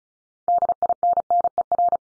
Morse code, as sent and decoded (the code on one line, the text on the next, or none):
-.. .. -. -. . .-.
DINNER